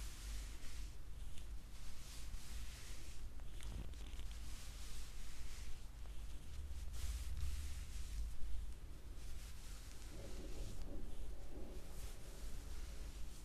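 A neck, back and scalp massage: steady rubbing and rustling over a low rumble, with soft brushing swells throughout and a faint hum near ten seconds.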